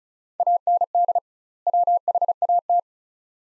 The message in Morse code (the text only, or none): AND WHAT